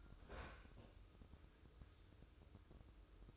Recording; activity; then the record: daily activity, microphone in the room; open fridge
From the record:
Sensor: 2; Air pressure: 995.1 hPa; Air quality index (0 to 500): 67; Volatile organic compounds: 2 ppm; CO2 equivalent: 1148 ppm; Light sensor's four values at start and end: 18/57/22/22 and 18/57/22/22